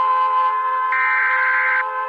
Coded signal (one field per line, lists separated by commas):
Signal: Emergency Alert System (SAME) tones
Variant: header bursts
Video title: Eas alarm animated s2: all together!